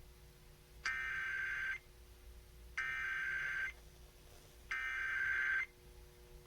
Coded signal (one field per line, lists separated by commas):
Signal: Emergency Alert System (SAME) tones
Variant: header bursts